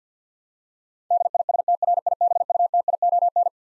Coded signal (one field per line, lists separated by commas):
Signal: Morse code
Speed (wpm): 50 wpm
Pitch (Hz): 700 Hz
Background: none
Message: DISTRIBUTION